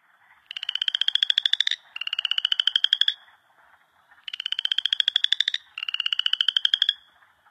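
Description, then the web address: Boreal chorus frog giving rising, rapidly pulsed trills of about a second each, two in quick succession, a pause, then two more. "Songs of Frogs Toads of North America. Boreal Chorus Frog"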